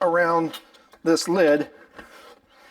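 A plastic lid is being pressed down onto a plastic bucket of bee syrup, worked around the rim while someone talks, with faint rubbing and a small tap near 2.0 s. Nothing has seated or clicked yet; the lid has not popped into place.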